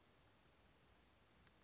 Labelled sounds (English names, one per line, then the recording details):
Western Flycatcher
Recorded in Sonoma County, California